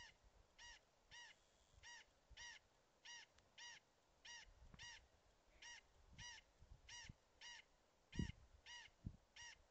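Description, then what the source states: Corn crake giving many dry, rasping crex calls in a steady series, with low rumbling background noise and occasional thumps. Recorded 30 May 2020.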